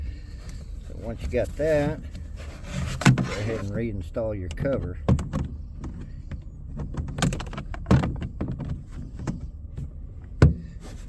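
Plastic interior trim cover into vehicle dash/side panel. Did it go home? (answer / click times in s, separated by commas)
yes / 10.4 s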